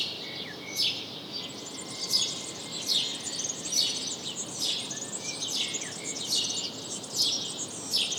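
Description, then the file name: House sparrow chirping, bright repeated chirps roughly once a second over constant background hiss. "Passer domesticus"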